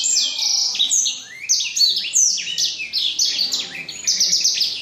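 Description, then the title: Black-throated canary singing a quick series of clear, high, falling whistled phrases strung closely together. From Jombang. "Burung blackthroat Istimewa dari Jombang"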